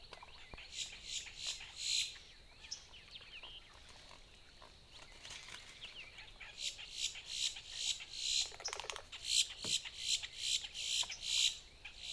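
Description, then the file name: Boat-tailed grackle giving harsh, rasping rattle calls in quick bursts, a quiet gap midway, then rapid repeated raspy notes resume, with a brief lower squeal among them. Recorded 14 April 2018. "2018-04-14 BTGR"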